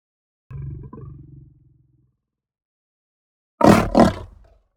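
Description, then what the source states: Lion giving a low rumbling growl, then after a pause a loud two-part roaring snarl. Aggressive roar and growl.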